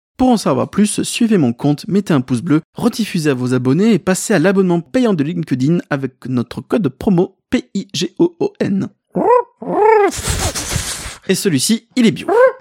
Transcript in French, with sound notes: Pour en savoir plus, suivez mon compte, mettez un pouce bleu, rediffusez à vos abonnés et passez à l'abonnement payant de LinkedIn avec notre code promo P.I.G.E.O.N. [Roucoulant comme un pigeon] Rouuuu rrrrroooou Et celui-ci, il est bio.